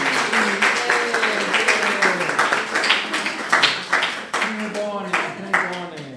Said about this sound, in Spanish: Tre bone, aplaudu, aplaudu.